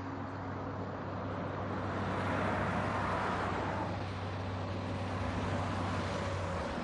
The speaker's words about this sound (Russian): Дорога. Грузовик по виадуку пересекает поросшую деревьями низменность.